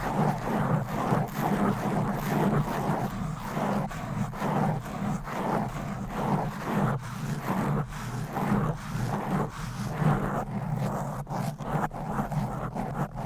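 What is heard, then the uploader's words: Fast, aggressive scratching on a microphone, a dense run of rough scraping strokes repeating several times a second for the whole clip. A steady low rumble sits underneath, and short sharp clicks cut through more often toward the end. ASMR Fast and Aggressive Mic Scratching.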